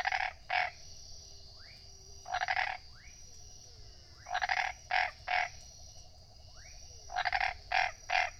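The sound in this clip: Tree frog giving bursts of two or three grating pulses at irregular intervals, over a steady high hum with faint upward-sweeping whistles.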